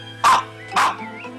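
dog barking

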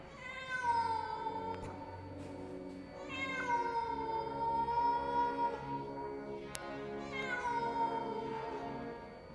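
cat wailing mournfully

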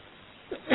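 sneeze

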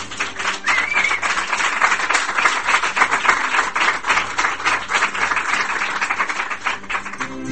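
studio audience applause

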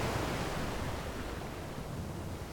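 sea waves

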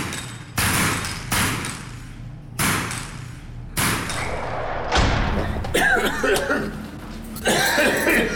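man coughing

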